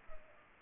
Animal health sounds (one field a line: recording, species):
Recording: mosquito wingbeat signal from an infrared sensor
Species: Culex pipiens